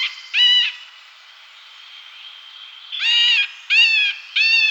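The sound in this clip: Middle Spotted Woodpecker calls: drawn-out, nasal, harmonic notes, one note, then three more after a quiet gap.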